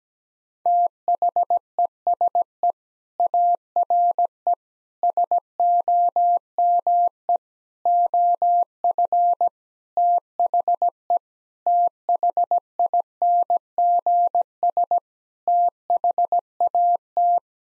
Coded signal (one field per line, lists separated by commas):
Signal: Morse code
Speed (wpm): 17 wpm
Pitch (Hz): 700 Hz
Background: none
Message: THESE ARE SOME OF THE THINGS THAT